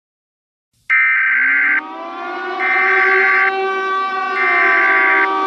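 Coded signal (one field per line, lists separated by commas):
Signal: Emergency Alert System (SAME) tones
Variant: header bursts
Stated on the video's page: Fictional end-of-the-world EAS scenario using valid EAS tones; made for entertainment.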